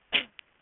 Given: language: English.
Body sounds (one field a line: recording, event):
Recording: throat vibration sensor signal played as sound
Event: cough